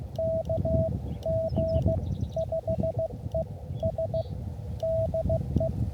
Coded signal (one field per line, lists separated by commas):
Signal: Morse code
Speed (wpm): 15 wpm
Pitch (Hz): 650 Hz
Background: radio noise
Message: K G 5E S DE